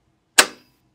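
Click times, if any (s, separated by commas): 0.4 s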